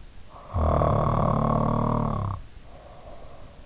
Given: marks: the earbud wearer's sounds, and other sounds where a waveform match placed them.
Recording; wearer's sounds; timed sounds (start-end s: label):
sounds in sleep by an in-ear microphone; snoring breath
0.38-3.59 s: snoring breath